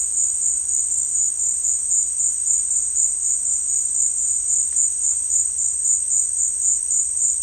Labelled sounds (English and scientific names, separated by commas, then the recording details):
none
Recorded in dense forest near Puerto Asís, Putumayo, Colombia, on 18 February 2024 at 15:00
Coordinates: 0.484, -76.317
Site G6464